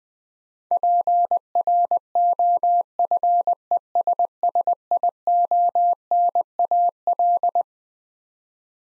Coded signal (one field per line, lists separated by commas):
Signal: Morse code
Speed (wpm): 20 wpm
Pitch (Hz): 700 Hz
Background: none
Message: PROFESSIONAL